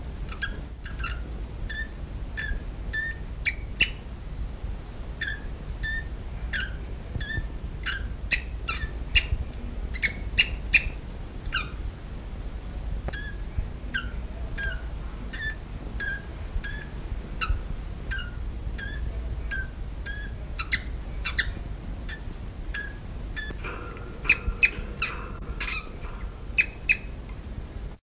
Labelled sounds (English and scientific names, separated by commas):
Orange-cheeked Waxbill (Estrilda melpoda) call